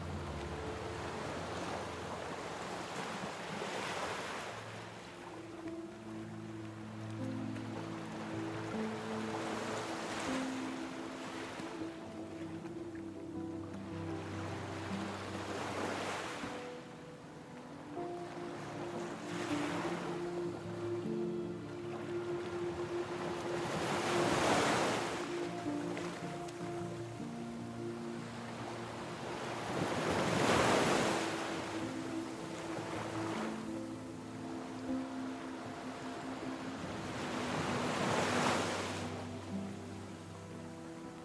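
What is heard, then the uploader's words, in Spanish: Ocean waves wash in every five to seven seconds, each surge swelling into a bright, hissing crest before draining away. Beneath them runs calm, sustained music with soft held low tones that stays steady throughout, while the surf rises and falls. El sonido relajante de las olas del mar se fusiona armoniosamente con una música tranquila.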